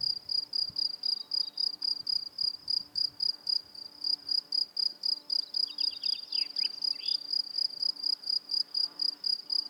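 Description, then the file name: Cricket song, a high, steady chirping pulsed nearly four times a second throughout, with a few faint lower chirps in the second half. "grillons"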